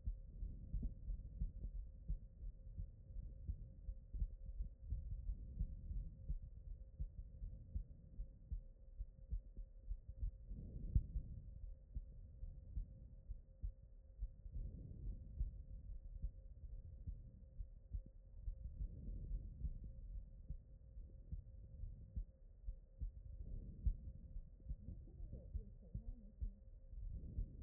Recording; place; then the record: heart sounds by stethoscope; aortic valve (AV)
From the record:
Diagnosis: non-HFrEF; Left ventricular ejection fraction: 51%